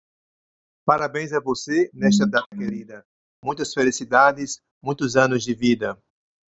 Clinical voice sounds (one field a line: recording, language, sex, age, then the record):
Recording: short text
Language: Brazilian Portuguese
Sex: male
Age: 50 to 59 years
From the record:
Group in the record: control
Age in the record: 59 years